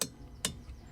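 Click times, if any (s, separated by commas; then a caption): 0.0 s, 0.4 s. A click-type torque wrench, set to the right measurement and locked with the small screw at its bottom, is pushed down on a car wheel lug nut. It gives one sharp click at 0.0 s when the set torque is reached and a second click at 0.5 s as it is pulled away, confirming the correct torque.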